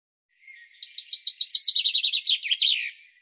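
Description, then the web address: Bird song: a soft start building into a quick run of repeated high notes, finishing with a few louder descending slurred notes. "cianscape birddata Deverinetal 2025 Bird Fr Co"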